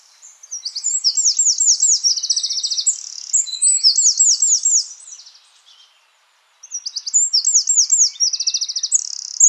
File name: Troglodytes troglodytes